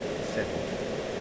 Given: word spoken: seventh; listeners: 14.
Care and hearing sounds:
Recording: one English word in noise, from a listening test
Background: speech-shaped noise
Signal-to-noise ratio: -5.9 dB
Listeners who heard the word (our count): 0 of 14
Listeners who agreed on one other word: 6 of 14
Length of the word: 0.81 s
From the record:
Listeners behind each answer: 6, 2, 1, 1, 1, 1, 1, 1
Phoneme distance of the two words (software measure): 7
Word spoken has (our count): 2 syllables, 5 phonemes, stress on syllable 1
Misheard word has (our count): 2 syllables, 4 phonemes, stress on syllable 1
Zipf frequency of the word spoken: 3.83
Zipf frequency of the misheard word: 5.22

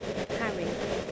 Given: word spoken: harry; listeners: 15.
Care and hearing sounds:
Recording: one English word in noise, from a listening test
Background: noise modulated by three-talker babble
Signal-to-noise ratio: -4.2 dB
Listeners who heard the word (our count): 2 of 15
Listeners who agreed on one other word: 11 of 15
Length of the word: 0.71 s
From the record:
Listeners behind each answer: 11, 2, 1, 1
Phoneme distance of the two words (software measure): 10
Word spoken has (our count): 2 syllables, 4 phonemes, stress on syllable 1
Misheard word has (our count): 2 syllables, 4 phonemes, stress on syllable 1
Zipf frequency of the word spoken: 4.81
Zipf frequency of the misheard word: 4.95

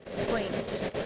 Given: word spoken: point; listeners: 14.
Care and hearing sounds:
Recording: one English word in noise, from a listening test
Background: noise modulated by three-talker babble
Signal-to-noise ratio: -4.6 dB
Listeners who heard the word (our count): 1 of 14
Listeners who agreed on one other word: 10 of 14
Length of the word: 0.66 s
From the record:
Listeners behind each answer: 10, 1, 1, 1, 1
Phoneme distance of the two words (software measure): 27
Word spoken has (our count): 1 syllable, 4 phonemes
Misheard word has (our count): 1 syllable, 5 phonemes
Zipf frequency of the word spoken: 5.60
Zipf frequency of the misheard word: 3.41

